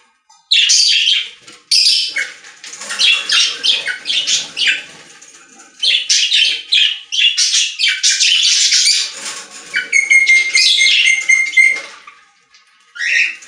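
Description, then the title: Budgerigar chattering in bursts of scratchy, warbled notes mixed with chirps and a drawn-out whistle near the end, separated by brief gaps. "Budgie Sounds"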